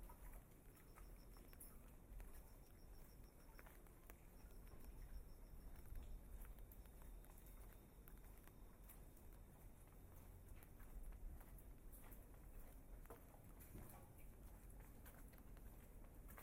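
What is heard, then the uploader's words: Footsteps in wooden clogs knock along wet pavement in the rain, irregular clicks and clops over a steady hiss of rainfall and traffic rumble. Early on, a faint high beeping repeats in short bursts for a few seconds, then stops. WALKING IN THE RAIN TOKYO JAPAN. Soothing and relaxing ambient sounds from walking in the streets of Tokyo, Japan. Rain bumps, walking on wet concrete, and wooden clogs on the streets.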